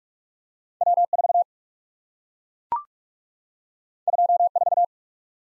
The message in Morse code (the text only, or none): W4 24